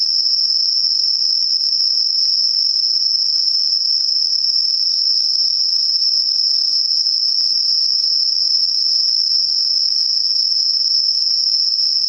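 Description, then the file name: Insects singing a constant high-pitched ringing drone that stays level and unbroken for the whole stretch. Night insects; recorded at night, dated 12 September 2023. "yorunomushi 230912"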